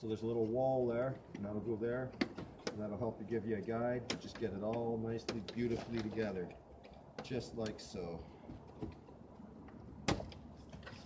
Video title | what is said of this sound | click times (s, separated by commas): jawa city 1 | And once those go down and go over that, they just lock into place, and that little locking mechanism holds the wall. | 10.1 s